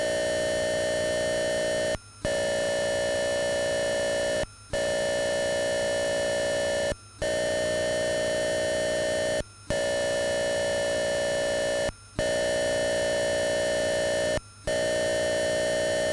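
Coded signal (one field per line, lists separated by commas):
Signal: computer data on cassette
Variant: Atari 8-bit cassette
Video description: Follow links below to skip loading sequences : 2:18 = Lesson 1, part 1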